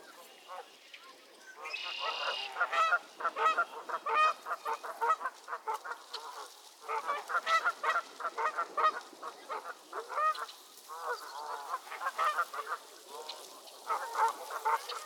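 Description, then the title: Goose flock squabbling with busy, overlapping honks and cackles, a brief quiet spell near the start, then steady noisy calling throughout. Geese squabbling at Miner's Marsh, Annapolis Valley, Nova Scotia. "Theraphonia - Geese at Miner's Marsh"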